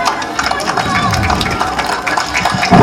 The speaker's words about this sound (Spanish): Fuertes los aplausos, claro que sí.